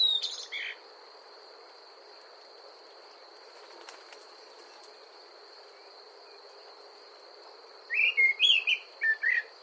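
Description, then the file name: Common blackbird song: a brief sound at the start, a long quiet stretch, then one short fluted, warbling phrase near the end, over a steady high hum. "Turdus merula"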